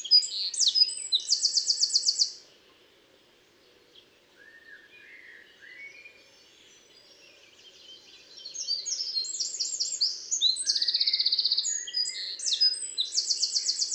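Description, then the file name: Eurasian wren: a brief loud high trill, a quiet pause with soft lower notes, then another energetic run of sharp twitters and rapid trills. "Troglodytes troglodytes 301298"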